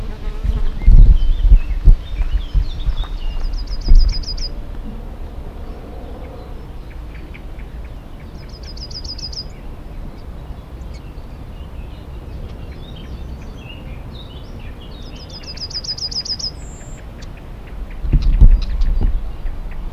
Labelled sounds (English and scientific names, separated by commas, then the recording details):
Yellowhammer (Emberiza citrinella)
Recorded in the wild
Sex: male
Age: adult
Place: Runding, Bayrischer Wald, Bayern, DE
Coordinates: 49.2156, 12.7822
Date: 2004-06-30
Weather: heiter, 15°C, schwacher bis mäßiger Wind
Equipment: Tascam DA-P1, Sennheiser MKH 70, Windkorb
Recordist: Frommolt, Karl-Heinz